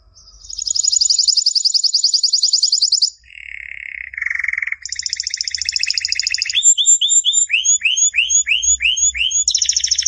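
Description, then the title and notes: Canary song with a long high rattling trill, lower buzzy notes, another trill, then a series of repeated sweeping whistled notes. Canary master song used as a training model for other canaries. "Suara Burung Kenari Masteran. master suara burung kenari mantap"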